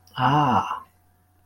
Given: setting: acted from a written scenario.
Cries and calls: vocal sound without words; realization

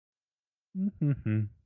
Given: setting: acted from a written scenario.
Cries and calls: vocal sound without words; neutral

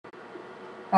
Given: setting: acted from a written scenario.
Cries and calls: vocal sound without words; realization

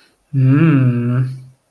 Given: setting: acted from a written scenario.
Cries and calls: vocal sound without words; desire

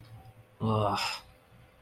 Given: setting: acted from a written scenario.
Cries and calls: vocal sound without words; contempt

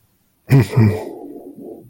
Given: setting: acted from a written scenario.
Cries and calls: vocal sound without words; contempt

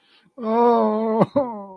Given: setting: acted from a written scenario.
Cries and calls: vocal sound without words; sadness

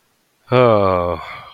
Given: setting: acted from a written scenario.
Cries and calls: vocal sound without words; ecstasy

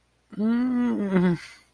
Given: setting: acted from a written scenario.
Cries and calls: vocal sound without words; distress

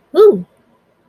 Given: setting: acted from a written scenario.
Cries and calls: vocal sound without words; positive surprise

